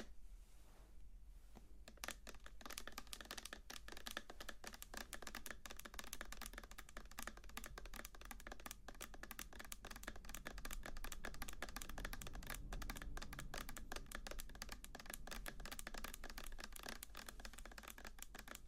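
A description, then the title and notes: Fast, dense tapping and light touching, a nearly continuous patter of crisp clicks with a sharp, bright edge. A soft hush opens the first two seconds before the tapping starts, then it runs steadily, with a low constant hum beneath throughout. ASMR Your Face is Plastic, Mine is Glass - Face Touching & Tapping Triggers.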